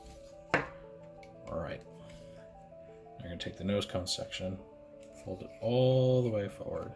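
The plastic rear legs of a transforming robot toy are bent all the way back during transformation, and the joint seats with a soft little click at 0.5 s. Afterward someone talks over music in the background.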